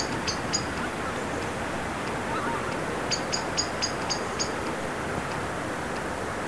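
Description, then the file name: Common blackbird calling with sharp, high, clicking chinks, two early then a quick run of six evenly spaced notes, over a loud low rumble of background noise. "Turdus merula"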